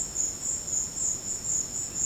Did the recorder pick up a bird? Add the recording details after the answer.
no. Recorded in secondary vegetation near Puerto Asís, Putumayo, Colombia, on 24 March 2025 at 13:30. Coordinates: 0.488, -76.319. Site G095